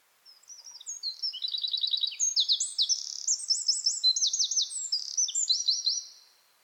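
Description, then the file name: Eurasian wren song, a six-second cascade of rapid, piercing high trills and rattling phrases that change quickly from one to the next, then end suddenly. "Troglodytes troglodytes"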